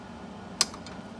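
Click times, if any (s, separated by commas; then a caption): 0.6 s. A rear cover fastener on a Honda EU6500is generator is pushed down into the generator housing to lock the cover back on. A single sharp pop is heard at 0.6 s, followed by two much fainter ticks, and the fastener is seated.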